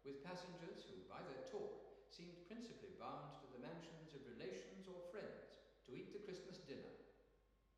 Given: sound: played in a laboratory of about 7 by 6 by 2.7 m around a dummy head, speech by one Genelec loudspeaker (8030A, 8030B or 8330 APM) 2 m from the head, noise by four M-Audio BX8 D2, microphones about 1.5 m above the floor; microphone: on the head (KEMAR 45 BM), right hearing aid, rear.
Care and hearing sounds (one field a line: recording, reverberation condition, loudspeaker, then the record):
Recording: male speech in English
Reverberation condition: high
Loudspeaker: 120 degrees to the right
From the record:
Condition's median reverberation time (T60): about 1300 ms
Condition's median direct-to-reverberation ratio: about -4.0 dB